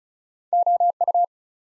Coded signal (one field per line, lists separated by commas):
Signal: Morse code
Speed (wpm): 36 wpm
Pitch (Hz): 700 Hz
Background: none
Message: OU